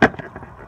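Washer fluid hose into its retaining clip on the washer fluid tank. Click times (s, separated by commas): 0.0 s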